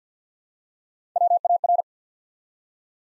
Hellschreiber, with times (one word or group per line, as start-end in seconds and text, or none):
none